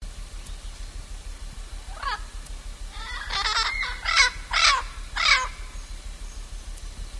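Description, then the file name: Blue-fronted amazon calling after a quiet start: one rough squawk, then a cluster of loud grating squawks and chattery notes in the second half. "blue fronted parrot"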